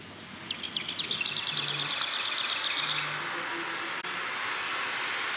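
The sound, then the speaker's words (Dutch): Bird sounds play at the entrance of the Vogelpracht exhibition at Teylers Museum in Haarlem: a bird sings a rapid, high trilling song of repeated bright chirps for a few seconds, over a steady hiss and low hum, then the song fades and only background noise remains. “Heerlijk, die vogelgeluiden zo, als je binnenkomt.”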